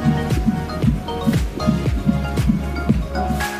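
Fast whooshing pulses near 150 a minute over soft music: a baby's heartbeat heard on a fetal Doppler.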